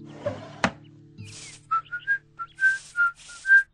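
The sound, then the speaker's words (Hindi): A man getting ready for the office whistles a latest film song melody, partly in tune and partly off-key, in short, bright phrases that glide between notes, with a low steady hum and a sharp knock near the start. “सीटी बजाते हुए कोई लेटेस्ट फिल्मी गाना थोड़ा सुर में थोड़ा बेसुरा गुनगुनाते हुए ऑफिस के लिए तैयार हो रहा था।”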